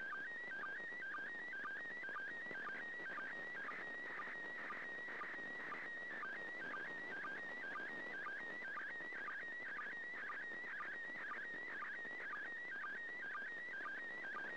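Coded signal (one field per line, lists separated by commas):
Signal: SSTV (slow-scan television)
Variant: PD120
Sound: warbling, chirping tone with a steady rhythmic blip about twice a second, over hiss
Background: radio static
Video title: 1st Second Pass.Slow Scan Television (SSTV) images transmitted from the International Space Station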